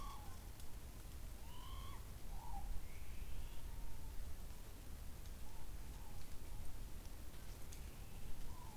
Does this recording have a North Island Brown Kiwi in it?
no